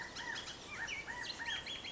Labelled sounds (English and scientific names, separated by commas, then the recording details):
Bullock's Oriole (Icterus bullockii)
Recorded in Sonoma County, California